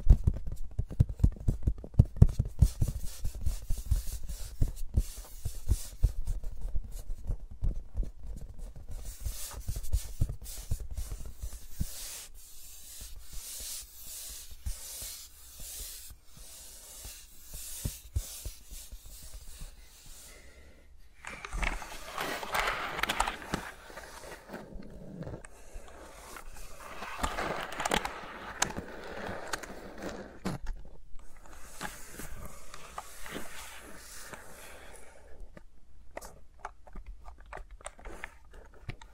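Fingers rub and tap around microphones, a dense patter of dry scratches and soft thumps with no talking. The first twelve seconds are loudest, with low bumps; after that the rubbing turns lighter and brighter, coming in bursts near 22 and 28 seconds.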